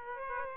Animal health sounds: mosquito wingbeat signal from an infrared sensor; Aedes aegypti

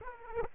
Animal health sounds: mosquito wingbeat signal from an infrared sensor; Aedes aegypti

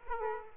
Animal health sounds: mosquito wingbeat signal from an infrared sensor; Aedes aegypti

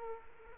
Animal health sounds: mosquito wingbeat signal from an infrared sensor; Culex quinquefasciatus

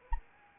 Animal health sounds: mosquito wingbeat signal from an infrared sensor; Anopheles arabiensis

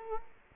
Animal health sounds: mosquito wingbeat signal from an infrared sensor; Culex quinquefasciatus

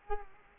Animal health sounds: mosquito wingbeat signal from an infrared sensor; Culex quinquefasciatus

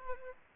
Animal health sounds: mosquito wingbeat signal from an infrared sensor; Aedes albopictus

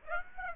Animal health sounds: mosquito wingbeat signal from an infrared sensor; Aedes aegypti

